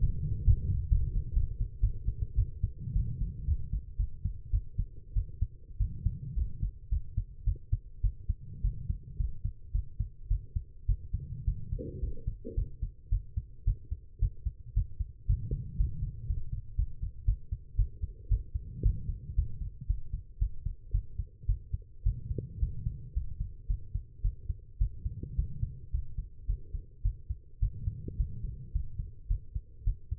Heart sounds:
heart sounds by stethoscope; 111 bpm
0.01 s: heartbeat
0.45 s: heartbeat
0.89 s: heartbeat
1.34 s: heartbeat
1.81 s: heartbeat
2.36 s: heartbeat
2.94 s: heartbeat
3.46 s: heartbeat
3.98 s: heartbeat
4.51 s: heartbeat
5.14 s: heartbeat
5.78 s: heartbeat
6.35 s: heartbeat
6.90 s: heartbeat
7.45 s: heartbeat
8.02 s: heartbeat
8.62 s: heartbeat
9.18 s: heartbeat
9.73 s: heartbeat
10.29 s: heartbeat
10.87 s: heartbeat
11.46 s: heartbeat
12.01 s: heartbeat
12.56 s: heartbeat
13.10 s: heartbeat
13.65 s: heartbeat
14.20 s: heartbeat
14.75 s: heartbeat
15.27 s: heartbeat
15.78 s: heartbeat
16.28 s: heartbeat
16.77 s: heartbeat
17.26 s: heartbeat
17.77 s: heartbeat
18.29 s: heartbeat
18.83 s: heartbeat
19.36 s: heartbeat
19.88 s: heartbeat
20.39 s: heartbeat
20.92 s: heartbeat
21.47 s: heartbeat
22.04 s: heartbeat
22.60 s: heartbeat
23.14 s: heartbeat
23.68 s: heartbeat
24.22 s: heartbeat
24.79 s: heartbeat
25.36 s: heartbeat
25.92 s: heartbeat
26.47 s: heartbeat
27.03 s: heartbeat
27.60 s: heartbeat
28.18 s: heartbeat
28.73 s: heartbeat
29.28 s: heartbeat
29.85 s: heartbeat
From the record:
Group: healthy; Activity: rest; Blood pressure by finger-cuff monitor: 144/88 mmHg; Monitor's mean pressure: 104 mmHg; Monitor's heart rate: 109 bpm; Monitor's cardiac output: 8.9 L/min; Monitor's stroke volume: 82 mL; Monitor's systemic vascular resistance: 890 dyn s/cm5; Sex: female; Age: 19 years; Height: 163 cm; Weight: 51 kg

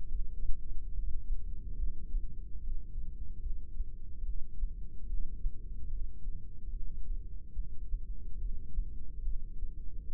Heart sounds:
heart sounds by microphone in the right ear; 72 bpm
0.11 s: heartbeat
0.94 s: heartbeat
1.78 s: heartbeat
2.60 s: heartbeat
3.42 s: heartbeat
4.25 s: heartbeat
5.08 s: heartbeat
5.90 s: heartbeat
6.71 s: heartbeat
7.55 s: heartbeat
8.40 s: heartbeat
9.24 s: heartbeat
10.10 s: heartbeat
From the record:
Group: heart failure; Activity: rest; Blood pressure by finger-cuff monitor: 126/93 mmHg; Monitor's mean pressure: 106 mmHg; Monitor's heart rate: 71 bpm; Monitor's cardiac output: 6.3 L/min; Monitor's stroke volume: 87 mL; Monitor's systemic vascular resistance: 1230 dyn s/cm5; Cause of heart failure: idiopathic cardiomyopathy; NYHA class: 1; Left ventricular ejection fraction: 50%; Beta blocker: bisoprolol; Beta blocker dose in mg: 5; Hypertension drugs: candesartan, spironolactone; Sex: male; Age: 54 years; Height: 180 cm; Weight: 94.6 kg

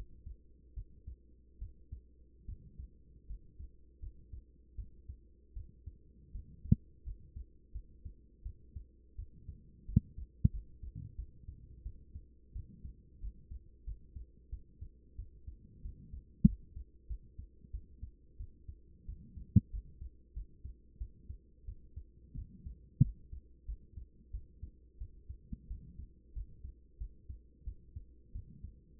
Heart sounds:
heart sounds by stethoscope; 87 bpm
0.74 s: heartbeat
1.58 s: heartbeat
2.45 s: heartbeat
3.27 s: heartbeat
4.00 s: heartbeat
4.75 s: heartbeat
5.53 s: heartbeat
6.32 s: heartbeat
7.04 s: heartbeat
7.72 s: heartbeat
8.43 s: heartbeat
9.16 s: heartbeat
9.86 s: heartbeat
10.51 s: heartbeat
11.16 s: heartbeat
11.83 s: heartbeat
12.53 s: heartbeat
13.20 s: heartbeat
13.84 s: heartbeat
14.50 s: heartbeat
15.16 s: heartbeat
15.82 s: heartbeat
16.45 s: heartbeat
17.07 s: heartbeat
17.71 s: heartbeat
18.37 s: heartbeat
19.06 s: heartbeat
19.71 s: heartbeat
20.34 s: heartbeat
20.98 s: heartbeat
21.65 s: heartbeat
22.35 s: heartbeat
23.02 s: heartbeat
23.66 s: heartbeat
24.31 s: heartbeat
24.98 s: heartbeat
25.68 s: heartbeat
26.33 s: heartbeat
26.98 s: heartbeat
27.64 s: heartbeat
28.32 s: heartbeat
28.98 s: heartbeat
From the record:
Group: healthy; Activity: rest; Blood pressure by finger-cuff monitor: 123/65 mmHg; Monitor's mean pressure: 85 mmHg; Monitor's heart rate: 88 bpm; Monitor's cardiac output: 8.1 L/min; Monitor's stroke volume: 91 mL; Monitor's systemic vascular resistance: 760 dyn s/cm5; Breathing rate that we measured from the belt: 18 breaths a minute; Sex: female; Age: 24 years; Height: 163 cm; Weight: 55.7 kg

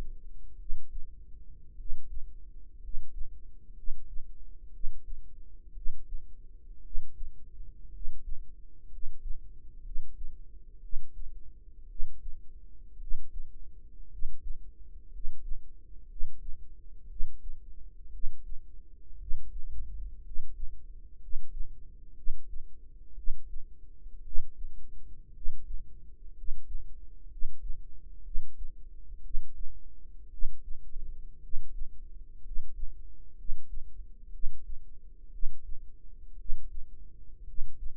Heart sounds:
heart sounds by microphone in the right ear; 59 bpm
0.55 s: heartbeat
1.74 s: heartbeat
2.78 s: heartbeat
3.72 s: heartbeat
4.69 s: heartbeat
5.71 s: heartbeat
6.80 s: heartbeat
7.89 s: heartbeat
8.87 s: heartbeat
9.80 s: heartbeat
10.79 s: heartbeat
11.85 s: heartbeat
12.96 s: heartbeat
14.07 s: heartbeat
15.08 s: heartbeat
16.05 s: heartbeat
17.06 s: heartbeat
18.09 s: heartbeat
19.16 s: heartbeat
20.20 s: heartbeat
21.17 s: heartbeat
22.12 s: heartbeat
23.13 s: heartbeat
24.21 s: heartbeat
25.30 s: heartbeat
26.32 s: heartbeat
27.26 s: heartbeat
28.21 s: heartbeat
29.20 s: heartbeat
30.28 s: heartbeat
31.38 s: heartbeat
32.40 s: heartbeat
33.33 s: heartbeat
34.29 s: heartbeat
35.28 s: heartbeat
36.35 s: heartbeat
37.43 s: heartbeat
From the record:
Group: healthy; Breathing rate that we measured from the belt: 10 breaths a minute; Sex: male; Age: 25 years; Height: 170 cm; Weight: 70.4 kg

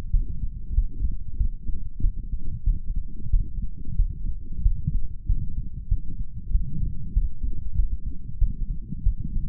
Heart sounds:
heart sounds by stethoscope; 94 bpm
0.11 s: heartbeat
0.74 s: heartbeat
1.37 s: heartbeat
2.01 s: heartbeat
2.64 s: heartbeat
3.30 s: heartbeat
3.96 s: heartbeat
4.62 s: heartbeat
5.26 s: heartbeat
5.88 s: heartbeat
6.51 s: heartbeat
7.13 s: heartbeat
7.76 s: heartbeat
8.39 s: heartbeat
9.03 s: heartbeat
From the record:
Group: healthy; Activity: light exercise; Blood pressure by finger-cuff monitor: 120/76 mmHg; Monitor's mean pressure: 91 mmHg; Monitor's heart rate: 95 bpm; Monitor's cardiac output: 7 L/min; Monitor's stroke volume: 76 mL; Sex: male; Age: 35 years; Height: 178 cm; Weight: 64 kg

